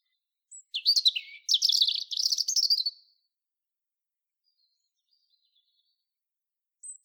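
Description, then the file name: European robin song: a brief high note, then a two-second burst of fast, buzzy trills and twitters, followed by silence and a faint thin whistle at the end. "Erithacus rubecula"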